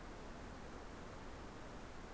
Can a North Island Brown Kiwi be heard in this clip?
no